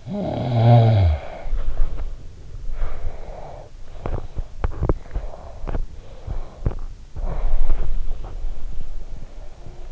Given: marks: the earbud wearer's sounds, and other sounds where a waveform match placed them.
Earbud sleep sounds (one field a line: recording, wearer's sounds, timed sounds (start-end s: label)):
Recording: sounds in sleep by an in-ear microphone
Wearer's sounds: snoring breath, body movement, teeth grinding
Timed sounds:
0.00-2.04 s: snoring breath
1.34-3.81 s: body movement
4.03-7.93 s: teeth grinding
7.23-9.61 s: body movement